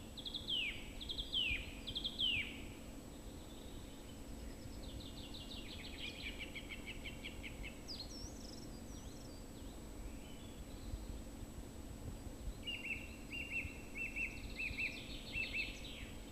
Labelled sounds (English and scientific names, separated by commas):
Song Thrush (Turdus philomelos) song